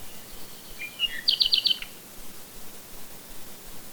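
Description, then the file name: Bird song: a short phrase of soft notes, then four quick, evenly repeated high chirps, followed by quiet background hiss. "manu birdsongs"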